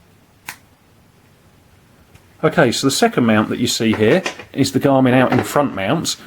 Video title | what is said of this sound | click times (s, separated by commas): Garmin Edge 810 Unboxing & Overview | twisting it and you're going to hear it snap into place | 0.5 s